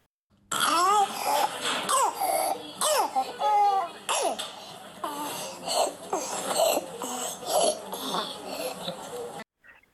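A child gives a run of harsh, strained, high-pitched voiced bursts with squeaky rising and falling pitch over about nine seconds: croup coughs and noisy breaths that sound like breathlessness. Croup mostly affects children aged six months to three years, comes with viral infection symptoms such as runny nose, cough and fever, is most often caused by parainfluenza virus, and usually lasts two to three days.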